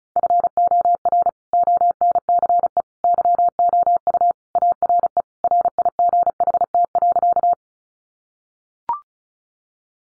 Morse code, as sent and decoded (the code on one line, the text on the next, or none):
..-. --- .-. / --- -. -.-. . / -.-- --- ..- / .- .-. . / .-. .. --. .... - .-.-.-
FOR ONCE YOU ARE RIGHT.